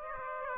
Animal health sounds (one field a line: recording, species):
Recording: mosquito wingbeat signal from an infrared sensor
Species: Aedes aegypti